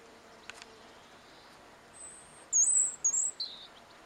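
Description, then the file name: European robin giving a brief burst of very high, thin twittering notes after a few quiet seconds. "Erithacus rubecula"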